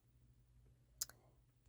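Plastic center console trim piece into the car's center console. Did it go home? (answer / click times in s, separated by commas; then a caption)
yes / 1.0 s, 1.1 s. A plastic center console trim piece from a 2011 BMW 528i F10 is pressed back into the car's center console after its top edge is hooked in. Its resilient snap-in clips engage with a sharp click at 1.0 s and a softer second click at 1.1 s over a quiet low hum. The trim panel is seated.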